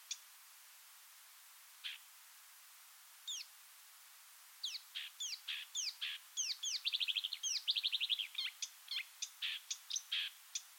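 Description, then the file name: Marsh warbler song: a few separate notes, then a rapid stream of slurred whistles, buzzy trills and high chips. "suara-kicauan-burung-marsh-warbler -omkicau"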